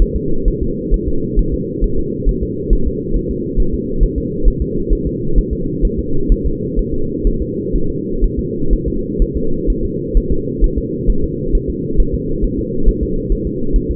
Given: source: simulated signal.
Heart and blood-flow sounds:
fetal heart sounds
0.02 s: S1
0.16 s: S2
0.48 s: S1
0.63 s: S2
0.94 s: S1
1.08 s: S2
1.39 s: S1
1.54 s: S2
1.84 s: S1
1.99 s: S2
2.29 s: S1
2.43 s: S2
2.73 s: S1
2.87 s: S2
3.16 s: S1
3.31 s: S2
3.60 s: S1
3.74 s: S2
4.03 s: S1
4.18 s: S2
4.48 s: S1
4.62 s: S2
4.93 s: S1
5.07 s: S2
5.38 s: S1
5.53 s: S2
5.85 s: S1
5.99 s: S2
6.32 s: S1
6.46 s: S2
6.79 s: S1
6.94 s: S2
7.27 s: S1
7.42 s: S2
7.76 s: S1
7.90 s: S2
8.24 s: S1
8.39 s: S2
8.73 s: S1
8.88 s: S2
9.22 s: S1
9.37 s: S2
9.70 s: S1
9.85 s: S2
10.17 s: S1
10.32 s: S2
10.64 s: S1
10.78 s: S2
11.10 s: S1
11.24 s: S2
11.55 s: S1
11.69 s: S2
12.00 s: S1
12.15 s: S2
12.44 s: S1
12.59 s: S2
12.88 s: S1
13.03 s: S2
13.32 s: S1
13.47 s: S2
13.76 s: S1
13.91 s: S2
From the record:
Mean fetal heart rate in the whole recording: 130 bpm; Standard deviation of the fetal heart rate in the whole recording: 4 bpm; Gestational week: 38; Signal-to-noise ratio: -8.1 dB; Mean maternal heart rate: 72 bpm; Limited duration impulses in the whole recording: present

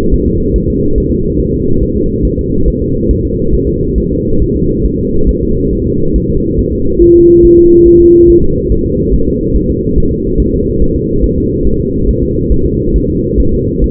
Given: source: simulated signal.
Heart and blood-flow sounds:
fetal heart sounds
0.14 s: S1
0.28 s: S2
0.56 s: S1
0.70 s: S2
0.98 s: S1
1.12 s: S2
1.40 s: S1
1.54 s: S2
1.83 s: S1
1.97 s: S2
2.25 s: S1
2.39 s: S2
2.68 s: S1
2.82 s: S2
3.11 s: S1
3.25 s: S2
3.54 s: S1
3.69 s: S2
3.98 s: S1
4.12 s: S2
4.42 s: S1
4.56 s: S2
4.85 s: S1
4.99 s: S2
5.29 s: S1
5.43 s: S2
5.73 s: S1
5.87 s: S2
6.16 s: S1
6.30 s: S2
6.59 s: S1
6.73 s: S2
7.02 s: S1
7.16 s: S2
7.45 s: S1
7.59 s: S2
7.88 s: S1
8.01 s: S2
8.30 s: S1
8.44 s: S2
8.72 s: S1
8.86 s: S2
9.14 s: S1
9.28 s: S2
9.56 s: S1
9.70 s: S2
9.98 s: S1
10.12 s: S2
10.40 s: S1
10.54 s: S2
10.82 s: S1
10.96 s: S2
11.24 s: S1
11.38 s: S2
11.67 s: S1
11.81 s: S2
12.09 s: S1
12.23 s: S2
12.52 s: S1
12.66 s: S2
12.96 s: S1
13.10 s: S2
13.40 s: S1
13.54 s: S2
13.84 s: S1
From the record:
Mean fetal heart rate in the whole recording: 140 bpm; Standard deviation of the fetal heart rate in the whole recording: 2 bpm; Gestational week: 34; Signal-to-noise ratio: -16.4 dB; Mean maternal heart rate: 72 bpm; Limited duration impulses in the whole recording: present

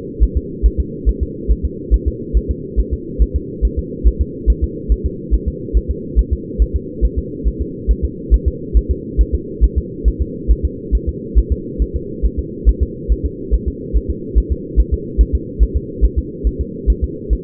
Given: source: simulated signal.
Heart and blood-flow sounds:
fetal heart sounds
0.23 s: S1
0.37 s: S2
0.66 s: S1
0.80 s: S2
1.09 s: S1
1.23 s: S2
1.51 s: S1
1.65 s: S2
1.94 s: S1
2.08 s: S2
2.37 s: S1
2.51 s: S2
2.79 s: S1
2.94 s: S2
3.22 s: S1
3.36 s: S2
3.65 s: S1
3.79 s: S2
4.07 s: S1
4.21 s: S2
4.50 s: S1
4.64 s: S2
4.92 s: S1
5.06 s: S2
5.34 s: S1
5.48 s: S2
5.77 s: S1
5.91 s: S2
6.19 s: S1
6.33 s: S2
6.62 s: S1
6.76 s: S2
7.05 s: S1
7.19 s: S2
7.48 s: S1
7.61 s: S2
7.91 s: S1
8.05 s: S2
8.34 s: S1
8.48 s: S2
8.77 s: S1
8.91 s: S2
9.21 s: S1
9.35 s: S2
9.64 s: S1
9.78 s: S2
10.08 s: S1
10.22 s: S2
10.51 s: S1
10.65 s: S2
10.95 s: S1
11.09 s: S2
11.38 s: S1
11.52 s: S2
11.82 s: S1
11.96 s: S2
12.25 s: S1
12.39 s: S2
12.69 s: S1
12.83 s: S2
13.12 s: S1
13.26 s: S2
13.54 s: S1
13.68 s: S2
13.96 s: S1
14.10 s: S2
14.38 s: S1
14.52 s: S2
14.80 s: S1
14.94 s: S2
15.21 s: S1
15.35 s: S2
15.63 s: S1
15.76 s: S2
16.05 s: S1
16.19 s: S2
16.47 s: S1
16.61 s: S2
16.90 s: S1
17.04 s: S2
17.33 s: S1
From the record:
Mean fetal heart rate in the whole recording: 140 bpm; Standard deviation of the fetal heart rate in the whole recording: 2 bpm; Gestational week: 34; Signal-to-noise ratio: -4.1 dB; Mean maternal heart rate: no maternal heart sound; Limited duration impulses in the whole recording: absent

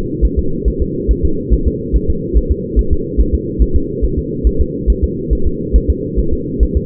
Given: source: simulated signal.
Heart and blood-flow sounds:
fetal heart sounds
0.25 s: S1
0.39 s: S2
0.68 s: S1
0.82 s: S2
1.11 s: S1
1.25 s: S2
1.53 s: S1
1.67 s: S2
1.96 s: S1
2.10 s: S2
2.37 s: S1
2.51 s: S2
2.79 s: S1
2.93 s: S2
3.20 s: S1
3.34 s: S2
3.62 s: S1
3.76 s: S2
4.04 s: S1
4.18 s: S2
4.47 s: S1
4.61 s: S2
4.90 s: S1
5.04 s: S2
5.33 s: S1
5.47 s: S2
5.76 s: S1
5.90 s: S2
6.19 s: S1
6.33 s: S2
6.63 s: S1
6.77 s: S2
From the record:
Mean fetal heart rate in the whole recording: 140 bpm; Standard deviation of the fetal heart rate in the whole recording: 2 bpm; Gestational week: 34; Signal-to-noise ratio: -8.1 dB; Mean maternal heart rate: 72 bpm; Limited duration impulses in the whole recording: absent

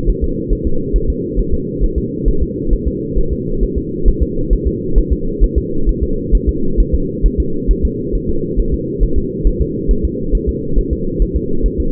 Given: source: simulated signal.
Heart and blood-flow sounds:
fetal heart sounds
0.10 s: S1
0.24 s: S2
0.53 s: S1
0.67 s: S2
0.96 s: S1
1.10 s: S2
1.40 s: S1
1.54 s: S2
1.84 s: S1
1.98 s: S2
2.28 s: S1
2.43 s: S2
2.73 s: S1
2.88 s: S2
3.18 s: S1
3.33 s: S2
3.63 s: S1
3.78 s: S2
4.08 s: S1
4.23 s: S2
4.53 s: S1
4.68 s: S2
4.98 s: S1
5.12 s: S2
5.44 s: S1
5.58 s: S2
5.89 s: S1
6.03 s: S2
6.35 s: S1
6.49 s: S2
6.80 s: S1
6.95 s: S2
7.26 s: S1
7.40 s: S2
7.71 s: S1
7.85 s: S2
8.15 s: S1
8.29 s: S2
8.60 s: S1
8.74 s: S2
9.04 s: S1
9.18 s: S2
9.47 s: S1
9.62 s: S2
9.91 s: S1
10.05 s: S2
10.35 s: S1
10.49 s: S2
10.79 s: S1
10.93 s: S2
11.22 s: S1
11.37 s: S2
11.66 s: S1
11.80 s: S2
From the record:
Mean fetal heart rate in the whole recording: 135 bpm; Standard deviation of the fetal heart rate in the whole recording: 3 bpm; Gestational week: 36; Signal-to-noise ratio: -8.1 dB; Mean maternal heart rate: 72 bpm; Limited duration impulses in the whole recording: absent

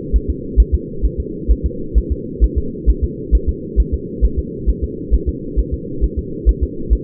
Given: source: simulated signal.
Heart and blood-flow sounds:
fetal heart sounds
0.16 s: S1
0.30 s: S2
0.60 s: S1
0.75 s: S2
1.05 s: S1
1.20 s: S2
1.51 s: S1
1.66 s: S2
1.98 s: S1
2.12 s: S2
2.44 s: S1
2.58 s: S2
2.89 s: S1
3.04 s: S2
3.35 s: S1
3.49 s: S2
3.80 s: S1
3.94 s: S2
4.25 s: S1
4.39 s: S2
4.69 s: S1
4.84 s: S2
5.14 s: S1
5.29 s: S2
5.59 s: S1
5.74 s: S2
6.04 s: S1
6.19 s: S2
6.49 s: S1
6.63 s: S2
6.93 s: S1
From the record:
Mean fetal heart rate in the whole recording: 135 bpm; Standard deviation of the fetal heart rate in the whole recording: 3 bpm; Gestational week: 34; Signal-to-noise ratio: -4.3 dB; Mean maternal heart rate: 72 bpm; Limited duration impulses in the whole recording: absent

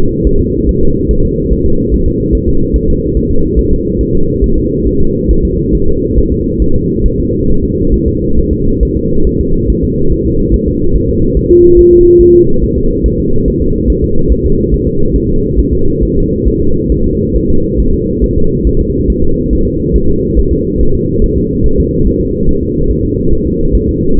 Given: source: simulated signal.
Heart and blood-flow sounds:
fetal heart sounds
0.27 s: S1
0.41 s: S2
0.69 s: S1
0.83 s: S2
1.11 s: S1
1.25 s: S2
1.53 s: S1
1.66 s: S2
1.94 s: S1
2.08 s: S2
2.35 s: S1
2.49 s: S2
2.76 s: S1
2.90 s: S2
3.17 s: S1
3.31 s: S2
3.59 s: S1
3.73 s: S2
4.01 s: S1
4.15 s: S2
4.44 s: S1
4.58 s: S2
4.87 s: S1
5.01 s: S2
5.31 s: S1
5.45 s: S2
5.75 s: S1
5.89 s: S2
6.18 s: S1
6.32 s: S2
6.62 s: S1
6.76 s: S2
7.06 s: S1
7.20 s: S2
7.50 s: S1
7.64 s: S2
7.94 s: S1
8.08 s: S2
8.39 s: S1
8.53 s: S2
8.83 s: S1
8.97 s: S2
9.27 s: S1
9.41 s: S2
9.70 s: S1
9.84 s: S2
10.12 s: S1
10.26 s: S2
10.54 s: S1
10.68 s: S2
10.95 s: S1
11.09 s: S2
11.37 s: S1
11.51 s: S2
11.79 s: S1
11.93 s: S2
12.21 s: S1
12.35 s: S2
12.64 s: S1
12.78 s: S2
13.06 s: S1
13.20 s: S2
13.48 s: S1
13.62 s: S2
13.90 s: S1
14.04 s: S2
14.32 s: S1
14.45 s: S2
14.74 s: S1
14.88 s: S2
15.16 s: S1
15.30 s: S2
15.59 s: S1
15.73 s: S2
16.03 s: S1
16.17 s: S2
16.48 s: S1
16.62 s: S2
16.92 s: S1
17.06 s: S2
17.36 s: S1
17.50 s: S2
17.80 s: S1
17.94 s: S2
18.24 s: S1
18.38 s: S2
18.67 s: S1
18.81 s: S2
19.10 s: S1
19.24 s: S2
19.53 s: S1
19.67 s: S2
19.96 s: S1
20.10 s: S2
20.39 s: S1
20.53 s: S2
20.81 s: S1
20.95 s: S2
21.24 s: S1
21.38 s: S2
21.66 s: S1
21.80 s: S2
22.07 s: S1
22.21 s: S2
22.49 s: S1
22.63 s: S2
22.91 s: S1
23.04 s: S2
23.33 s: S1
23.47 s: S2
23.75 s: S1
23.89 s: S2
24.19 s: S1
From the record:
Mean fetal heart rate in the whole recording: 140 bpm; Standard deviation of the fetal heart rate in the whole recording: 2 bpm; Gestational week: 34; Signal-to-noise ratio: -17.7 dB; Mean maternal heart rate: 72 bpm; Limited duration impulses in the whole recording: present

